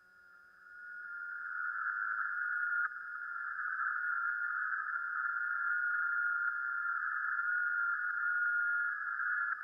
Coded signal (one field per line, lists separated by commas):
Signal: FT8